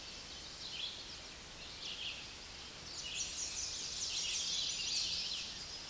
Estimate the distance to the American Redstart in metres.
about 35 m